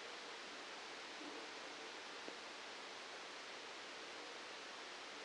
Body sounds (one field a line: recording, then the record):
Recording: brain microelectrode recording played as sound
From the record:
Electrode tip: outside the subthalamic nucleus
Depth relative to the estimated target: -6 mm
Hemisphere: left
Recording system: NeuroSet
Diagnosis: Parkinson's disease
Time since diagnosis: 9 years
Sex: male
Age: 56 years